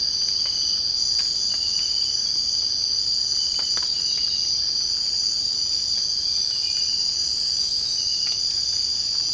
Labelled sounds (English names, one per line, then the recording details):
none
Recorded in secondary vegetation near Puerto Asís, Putumayo, Colombia, on 24 March 2025 at 05:30
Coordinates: 0.502, -76.326
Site G100